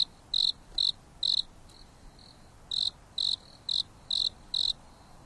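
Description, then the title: Insect chirps, high and clear, in two quick series of four to five pulses with a short gap between them, over soft steady noise. Insects singing at night on a mountain top under a starry sky, with a gentle breeze blowing. "There is a gentle breeze blowing on the top of the mountain under the starry sky, and the insects are singing leisurely."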